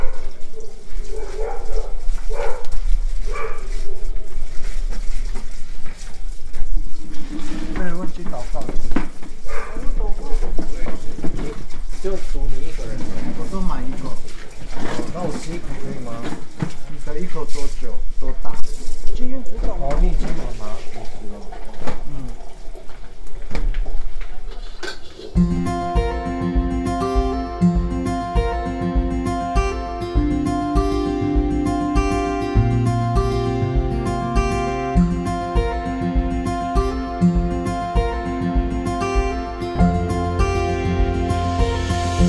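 Family members chat over a New Year's Eve reunion dinner, with several voices overlapping and small clinks mixed in for the first 25 seconds. Then the talk gives way abruptly to steady music with sustained tones and a regular beat that continues to the end.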